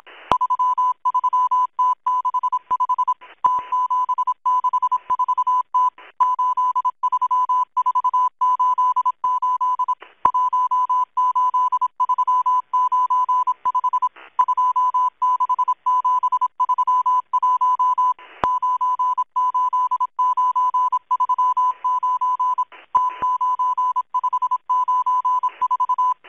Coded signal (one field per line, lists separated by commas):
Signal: Morse code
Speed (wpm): 26 wpm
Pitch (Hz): 1000 Hz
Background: none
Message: 33T65 T764T 83488 18395 26731 98939 T9594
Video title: Russian, Morse code, spy numbers station ENIGMA ID M12, 11144 kHz, 24 June, 2023, 2100 UTC